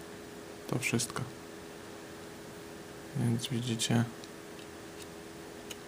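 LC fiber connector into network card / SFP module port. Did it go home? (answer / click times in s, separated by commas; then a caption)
no / none. An LC fiber optic patch cord connector is handled at an LC port on a network card or SFP module while someone talks in short bursts over a steady background hiss. Nothing has seated or clicked yet; the clip ends just before the connector goes home.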